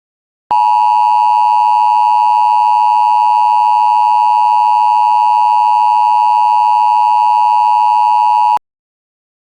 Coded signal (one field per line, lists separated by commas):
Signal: Emergency Alert System (SAME) tones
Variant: 853 and 960 Hz attention tone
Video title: EAS Mock: LOT TOR